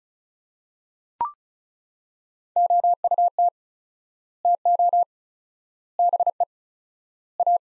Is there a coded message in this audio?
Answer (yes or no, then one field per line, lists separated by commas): yes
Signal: Morse code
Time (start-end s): 2.6-7.6 s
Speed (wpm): 36 wpm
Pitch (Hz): 700 Hz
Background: none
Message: OUT TO BE A